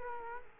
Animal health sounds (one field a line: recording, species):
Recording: mosquito wingbeat signal from an infrared sensor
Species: Culex quinquefasciatus